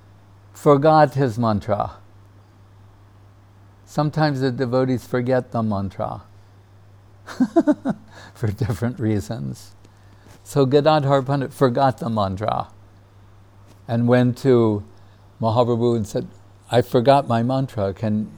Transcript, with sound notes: forgot his mantra. Sometimes the devotees forget their mantra [laughs], for different reasons. So Gadādhar Pandit forgot the mantra and went to Mahāprabhu and said, “I forgot my mantra,